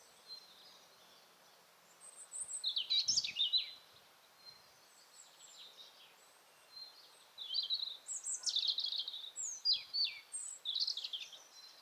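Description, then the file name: European robin song: a short, high, rippling phrase, a quieter pause, then a longer series of sweet, high warbled and whistled notes. "Erithacus rubecula"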